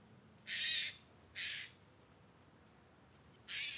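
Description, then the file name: Eurasian jay calling with three harsh, noisy screeches, each about half a second long or less, separated by pauses of under half a second and nearly two seconds. "Garrulus glandarius"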